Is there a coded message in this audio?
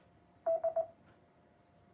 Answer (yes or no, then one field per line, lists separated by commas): no